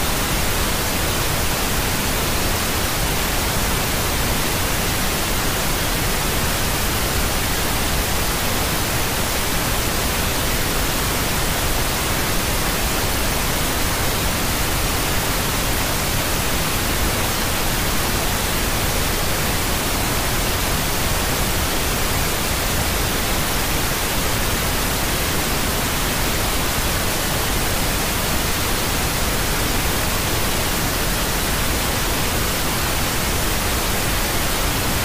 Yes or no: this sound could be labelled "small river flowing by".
no